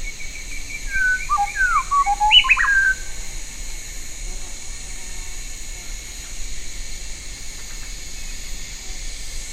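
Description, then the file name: Bird gives a short whistled phrase of sliding, falling and rising notes over about two seconds, then quiet, with a steady high hum throughout. "SABIOD 50 bird 2015"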